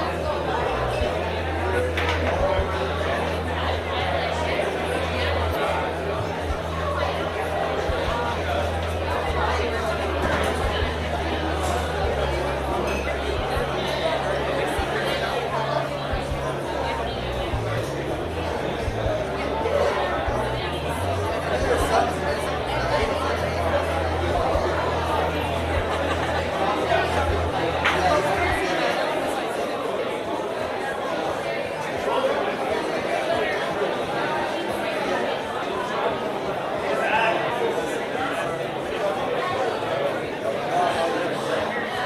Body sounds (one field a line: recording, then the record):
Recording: background sound without coughing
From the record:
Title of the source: CITY SOUNDS Busy Bar in the Evening Night - 2 HOURS of Ambiance for Relaxation